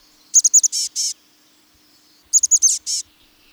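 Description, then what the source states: Chestnut-backed Chickadee giving two quick calls, each a rapid run of high sharp chips ending in two short hoarse buzzy notes, the pair repeated about two seconds apart. Lives in the Pacific Northwest.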